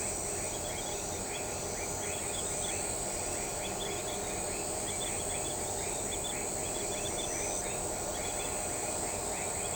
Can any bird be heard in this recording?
no